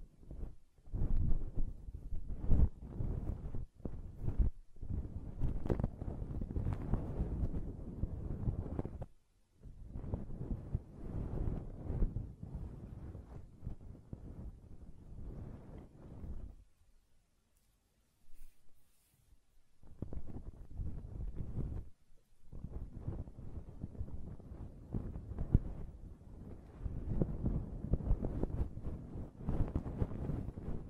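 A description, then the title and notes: Ear cleaning and blowing, heard as rough, gusty bursts of air pressing against the microphone in uneven waves. Loud, rumbling stretches alternate with short sharp knocks and brief near-silent gaps, around 9 seconds and again from about 17 to 20 seconds. ASMR Ear Cleaning and Blowing (No Talking).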